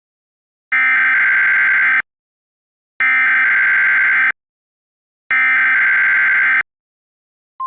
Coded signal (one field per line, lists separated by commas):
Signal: Emergency Alert System (SAME) tones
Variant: header bursts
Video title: EAS Mock #14 - Red Flag Warning